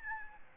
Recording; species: mosquito wingbeat signal from an infrared sensor; Aedes albopictus